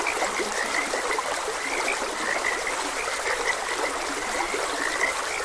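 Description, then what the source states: Frogs give quick repeated chirping croaks, several overlapping, while a stream trickles steadily in the background. Frogs croaking beside a gentle stream.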